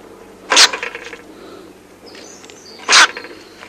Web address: earth naturelibrary. stoat